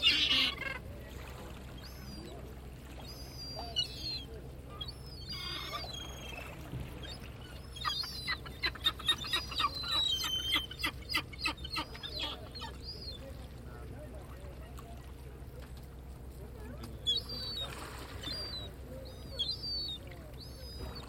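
Seagulls call in bright bursts over a steady low harbour rumble, with a dense run of sharp repeated cries around the middle and occasional voices.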